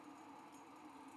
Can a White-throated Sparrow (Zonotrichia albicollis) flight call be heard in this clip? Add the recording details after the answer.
no. No flight call is heard. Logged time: 09:56 on 5 December 2014